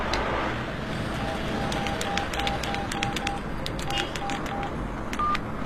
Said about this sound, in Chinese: 打他的手机吧。